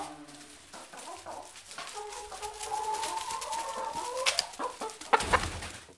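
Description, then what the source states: Chicken giving a long, drawn-out, slightly rising nasal call, preceded by soft clucks and followed by a few sharp squawks over rustling noise. Chickens recorded in a henhouse.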